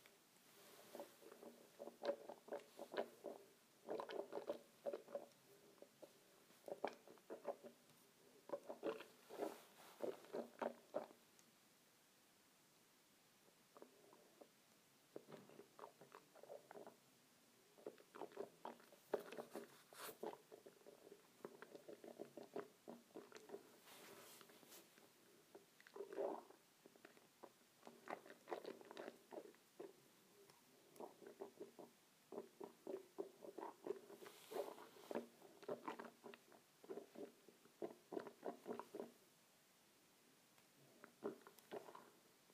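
Water swishes around in a mouth in bursts of wet, gurgling sloshes, each lasting a second or two with brief quiet gaps between. The sound is mid-pitched and bubbly, with sharper splashy peaks scattered throughout, and it keeps a fairly even, busy rhythm for the whole stretch.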